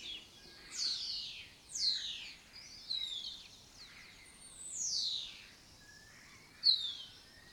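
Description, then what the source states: Lesser kestrel calls, several loud, harsh squealing notes sweeping down from high pitch. Breeding colony in an abandoned building or house complex in Doñana, southern Europe; a migratory raptor that forages in West Africa.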